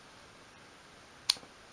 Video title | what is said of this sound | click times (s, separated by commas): Making Dolls House Furniture - My Favourite Tools #3 - Swann Morton Retractable Craft Knife | And when you hear that snap, that means it's fixed into place. | 1.3 s